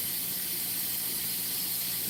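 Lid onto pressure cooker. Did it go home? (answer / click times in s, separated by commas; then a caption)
no / none. A lid is fitted onto a pressure cooker while steam hisses steadily with a broad, constant high-frequency noise and a low hum underneath. No click is heard, and the lid has not snapped into place, so it has to be redone.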